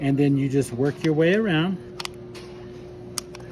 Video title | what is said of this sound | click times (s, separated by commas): Replacing an RO membrane in the white plastic housing. ￼ | push it in with your fingers it snaps in sets all the way around by | 2.0 s, 2.1 s, 3.2 s, 3.4 s